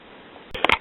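On a Crosley CR49 record player, the turntable is rotated back and forth to work the rubber drive belt until it pops off a small hook and stays on the metal motor pulley. After a quiet stretch and a brief rustle around 0.5 seconds, two sharp snaps sound at about 0.6 and 0.7 seconds as the belt comes off the hook. The belt is released onto the motor pulley.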